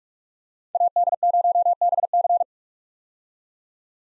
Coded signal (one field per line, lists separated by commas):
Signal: Morse code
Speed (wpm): 46 wpm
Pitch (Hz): 700 Hz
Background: none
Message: AD0BC